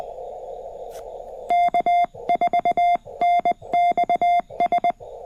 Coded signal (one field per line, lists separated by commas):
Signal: Morse code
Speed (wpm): 19 wpm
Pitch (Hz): 700 Hz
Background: none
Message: K4NXS